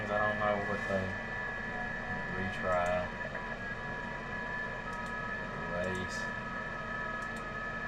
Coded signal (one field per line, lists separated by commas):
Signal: FT8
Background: speech